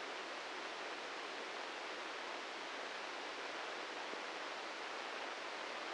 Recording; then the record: brain microelectrode recording played as sound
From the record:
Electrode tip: inside the subthalamic nucleus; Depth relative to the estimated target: -1 mm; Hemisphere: right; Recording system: NeuroSet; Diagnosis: Parkinson's disease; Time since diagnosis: 13 years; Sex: male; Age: 63 years